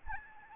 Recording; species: mosquito wingbeat signal from an infrared sensor; Aedes albopictus